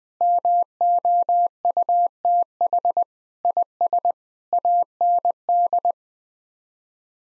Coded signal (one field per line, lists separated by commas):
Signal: Morse code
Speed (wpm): 20 wpm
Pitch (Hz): 700 Hz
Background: none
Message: MOUTH IS AND